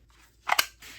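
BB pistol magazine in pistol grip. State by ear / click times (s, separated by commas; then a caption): seated / 0.5 s, 0.6 s. A magazine is pushed into the grip of a Sig Sauer P320-X Carry .177 blowback semi-auto CO2 BB pistol, where the mag release button on the other side sticks out until the magazine snaps in. Two sharp clicks are heard at 0.5 s and 0.6 s. The magazine snaps in and is seated.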